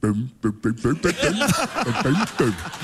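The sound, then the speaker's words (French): A voice imitates Elliot, the little cartoon dragon, with a rapid string of warbling, chuckling vocal bursts, each swooping up and down in pitch, fairly loud and wordless for about three seconds. “parce qu'il imitait très bien Elliot le petit dragon.”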